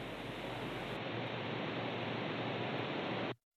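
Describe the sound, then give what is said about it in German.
Leaves rustle in a steady, loud, cold autumn wind, a dense unbroken hiss that stays even in level for about three seconds, turns slightly duller after the first second, then cuts off abruptly. “Und das Rascheln der Blätter im kalten Herbstwind.”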